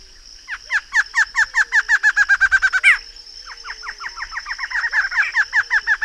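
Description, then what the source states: Barred antshrike singing an accelerating series of nasal notes that ends in an emphatic rise, then beginning another run, over a continuous high insect whine. Recorded in the Pantanal.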